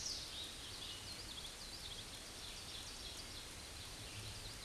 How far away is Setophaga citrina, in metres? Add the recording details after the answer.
about 60 m. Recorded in a Pennsylvania forest on 18 May 2023 at 08:43. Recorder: AudioMoth, point grid1_30_low. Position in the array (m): 155 m, 124 m